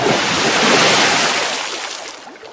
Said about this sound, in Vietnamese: Nói xong liền nhảy tổm một cái xuống nước.